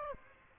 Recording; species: mosquito wingbeat signal from an infrared sensor; Aedes aegypti